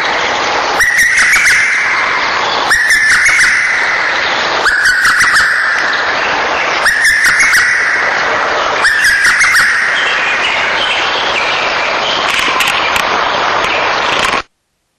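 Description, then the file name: Lesser cuckoo song: five staccato whistled phrases, repeated about every two seconds, over constant heavy rushing noise throughout. Recorded at Togakushi, Japan, on 24 May 2009, at 10:14. "ホトトギス 0905241014 戸隠"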